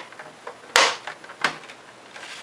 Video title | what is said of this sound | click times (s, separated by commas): How to Reassemble an XBox 360 | so as long as you hear the clicking going | 0.8 s